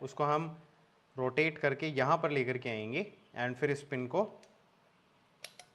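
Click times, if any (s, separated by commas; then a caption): 5.5 s, 5.6 s. During a TVS Victor (3 Valve) motorcycle engine rebuild, the kick shaft is turned into position and its metal spring pin is dropped into its slot. Someone talks for most of the clip, then two short, sharp metallic ticks sound at 5.5 s and 5.6 s as the pin seats and locks in place.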